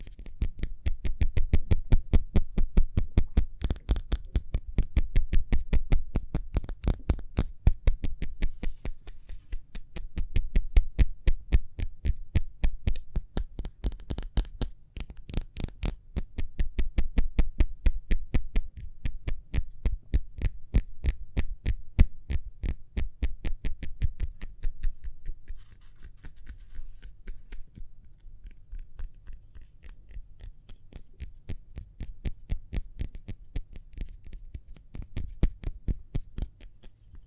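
Rapid hand sounds tap in a fast, steady stream of sharp clicks over a low hum, thinning and quieting slightly after about twenty-five seconds.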